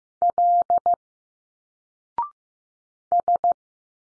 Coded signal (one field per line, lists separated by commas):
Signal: Morse code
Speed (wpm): 15 wpm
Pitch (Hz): 700 Hz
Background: none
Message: L S